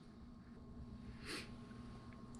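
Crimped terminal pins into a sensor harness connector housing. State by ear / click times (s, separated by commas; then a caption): not seated / none. Crimped terminal pins are handled at the back of a plastic wiring connector housing for a crank position sensor harness on a 1990 Ford Ranger 2.3, before being pushed through until their small locks click into place. A low steady hum runs throughout with a brief hiss-like burst around 1.3 s and a faint tick at 2.4 s. Nothing has seated or clicked yet.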